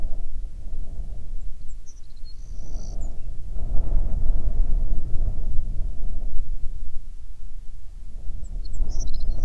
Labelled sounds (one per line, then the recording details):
songbird
wind
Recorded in the Prudhoe Bay oil fields, Alaska, on 9 June 2019 at 17:04
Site 21